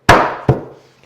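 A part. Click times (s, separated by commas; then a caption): 0.1 s. A notched wooden stretcher is dropped onto the notched leg of a hand-tool-built wooden Shaker bench, and the two half-lap notches overlap and seat together with a loud wooden knock at 0.1 s. A softer second knock follows at 0.5 s and fades out, leaving the half-lap joint locked in place.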